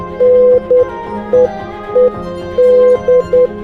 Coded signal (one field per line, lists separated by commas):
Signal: Morse code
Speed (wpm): 10 wpm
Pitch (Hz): 500 Hz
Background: music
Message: NEED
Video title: Using Morse Code When The SHTF